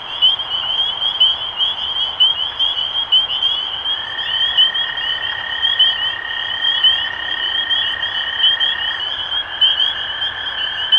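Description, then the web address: Spring peepers chorusing with bright, rising peeps packed closely together; a lower sustained trill enters after a few seconds and carries on. Recorded 23 March 2012. "rob animals Peepers-2012-0323"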